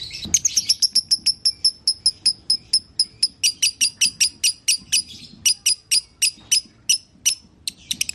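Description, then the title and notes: Canary song of clipped, high-pitched notes repeated in a steady rhythm that slows and spaces out toward the end. Long-duration canary song used as masteran, a tutor song for training birds. "Kicauan Kenari Durasi Panjang. Masteran Burung Lengkap"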